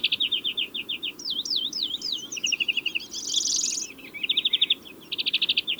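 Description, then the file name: European greenfinch sounding fast trilled phrases and looping chirps, with a short harsh wheeze in the middle before more quick trills. "Chloris chloris"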